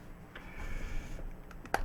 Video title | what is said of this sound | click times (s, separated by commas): Lanbitou 776 Black Twist Fountain Pen Review | know that decidedly nice click | 1.7 s